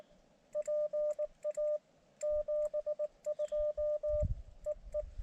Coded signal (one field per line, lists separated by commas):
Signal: Morse code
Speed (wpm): 19 wpm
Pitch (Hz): 600 Hz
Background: none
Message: PA 72 EE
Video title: Elecraft KX2 POTA on 17m - migraines and hiking don’t mix